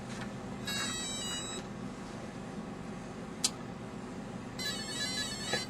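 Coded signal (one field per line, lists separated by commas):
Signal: beep code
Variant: brushless ESC motor tones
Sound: two short buzzy melodic tone sequences from a motor, pitch stepping, over low hum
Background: low electrical hum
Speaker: you go into Full Throttle mode and you plug in the speed control okay and you listen for the programming [Music] tones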